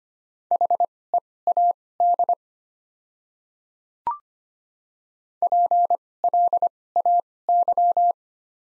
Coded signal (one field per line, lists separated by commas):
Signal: Morse code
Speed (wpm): 25 wpm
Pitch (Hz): 700 Hz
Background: none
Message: HEAD PLAY